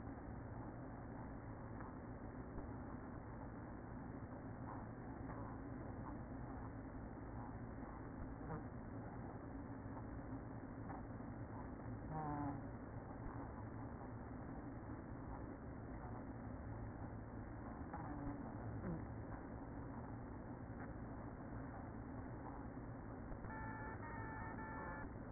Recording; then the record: honeybee colony, microphone inside the hive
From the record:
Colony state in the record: queen present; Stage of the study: after two queens were removed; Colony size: about 60,000 bees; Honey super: yes